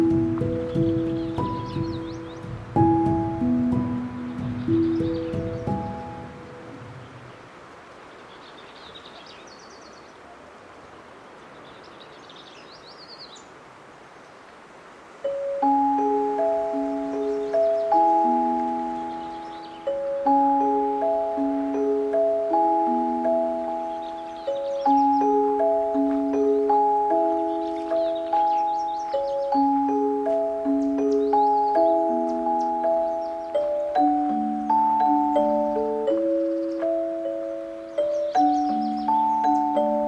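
At Patagonia Lake State Park in SE Arizona, clear chime-like tones ring in overlapping patterns, loud at the start, then a quiet stretch with low hiss from about 7 to 15 seconds. The tones return steadily to the end while faint high bird chirps recur throughout.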